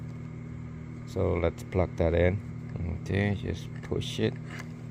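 Someone talks while handling the plastic speaker wiring harness plug for a 2003–2006 Chevy Tahoe / GMC Android radio install, lining it up to push into the radio adapter harness. Soft handling noises sit under the voice, with a brief sharp sound at the very end. Nothing has seated or clicked yet.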